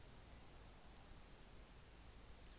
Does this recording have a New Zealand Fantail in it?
no